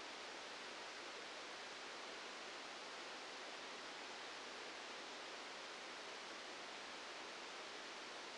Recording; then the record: brain microelectrode recording played as sound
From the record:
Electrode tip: outside the subthalamic nucleus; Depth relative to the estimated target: -8 mm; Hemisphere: right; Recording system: NeuroSet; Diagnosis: Parkinson's disease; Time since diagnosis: 8 years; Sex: male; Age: 59 years